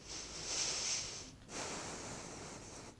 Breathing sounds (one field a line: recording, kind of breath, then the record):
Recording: one breath in and out by a microphone near the nose and mouth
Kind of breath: deep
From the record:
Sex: male